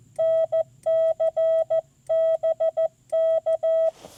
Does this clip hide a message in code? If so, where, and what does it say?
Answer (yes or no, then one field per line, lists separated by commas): yes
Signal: Morse code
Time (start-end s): 0.2-3.9 s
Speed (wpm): 15 wpm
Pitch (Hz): 650 Hz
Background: none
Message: NCBK